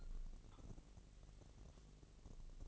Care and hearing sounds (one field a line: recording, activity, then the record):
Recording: daily activity, microphone in the room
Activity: take from stove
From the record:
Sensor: 4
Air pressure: 1000.2 hPa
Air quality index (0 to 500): 230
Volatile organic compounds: 30 ppm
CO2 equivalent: 2969 ppm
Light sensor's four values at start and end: 9/20/8/8 and 9/20/8/8